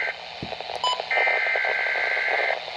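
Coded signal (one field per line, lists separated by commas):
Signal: Emergency Alert System (SAME) tones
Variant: header bursts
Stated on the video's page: Snowfall warning broadcast on Weatheradio Canada.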